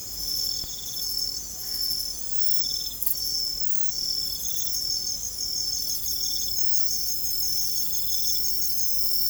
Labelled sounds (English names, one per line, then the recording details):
none
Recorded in secondary vegetation near Puerto Asís, Putumayo, Colombia, on 21 December 2024 at 00:00
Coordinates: 0.468, -76.324
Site G095